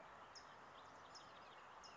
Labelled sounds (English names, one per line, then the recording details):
California Towhee
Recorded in Sonoma County, California